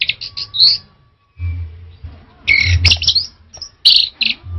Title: Anis Merah1